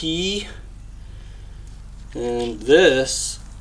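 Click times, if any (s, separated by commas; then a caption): none. During a Predator V-twin engine swap on a John Deere 737 mower, a T-shaped linkage or throttle fitting is handled and pressed toward its mounting hole in an engine control bracket while someone talks over a low steady background hum. Nothing has seated or clicked yet; the fitting is not yet home.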